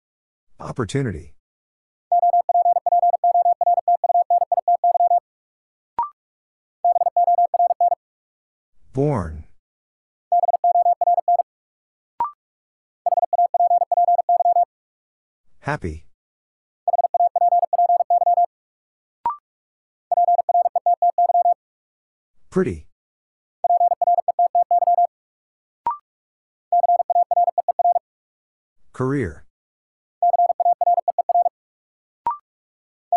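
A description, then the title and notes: Morse code sounds as a steady mid-pitched beeping tone keyed in short groups, each lasting a second or two with brief pauses between. Loud sharp thumps break in about every six or seven seconds, and fainter single clicks fall between them. First, the word is sent in Morse code. Then it is spoken. 45wpm.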